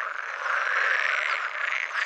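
Pool frog giving continuous, buzzy, rattling croaking throughout.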